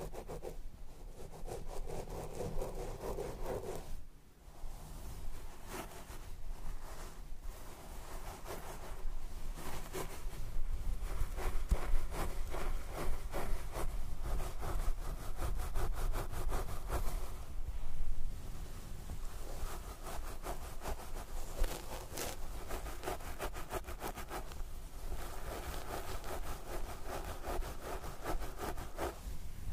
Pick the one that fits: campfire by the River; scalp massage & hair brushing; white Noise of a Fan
scalp massage & hair brushing